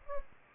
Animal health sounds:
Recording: mosquito wingbeat signal from an infrared sensor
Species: Anopheles gambiae

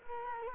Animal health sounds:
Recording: mosquito wingbeat signal from an infrared sensor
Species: Culex quinquefasciatus

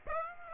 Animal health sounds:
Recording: mosquito wingbeat signal from an infrared sensor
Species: Aedes aegypti

